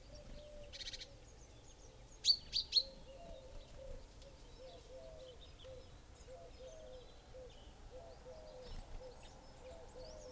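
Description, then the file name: Common chaffinch call: three sharp, high notes just past two seconds, over faint low repeated notes running throughout and scattered background chirps. "Fringilla coelebs"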